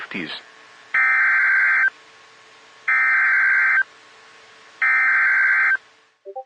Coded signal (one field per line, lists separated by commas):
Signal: Emergency Alert System (SAME) tones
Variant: header bursts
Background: speech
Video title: SMW on KHB37 (EAS #174)